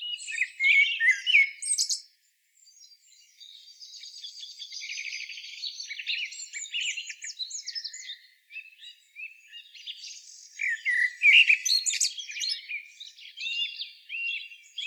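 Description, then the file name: Common blackbird giving busy, varied twittering phrases of high chirps and short trills, with a brief pause after two seconds before more bright, scratchy notes resume. "Turdus merula"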